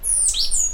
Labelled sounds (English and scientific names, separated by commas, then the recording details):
Stitchbird (Notiomystis cincta) song
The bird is a male
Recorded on Tiritiri Matangi Island, New Zealand, in 2005
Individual 2, of nest box 2